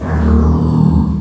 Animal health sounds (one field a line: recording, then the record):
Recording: squeal of a Yucatan mini pig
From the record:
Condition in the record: after surgery on the right vocal fold (resection and tissue-engineered implant)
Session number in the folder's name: 16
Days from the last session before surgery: 183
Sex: female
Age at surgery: 19 weeks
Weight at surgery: 25 kg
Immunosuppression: prednisolone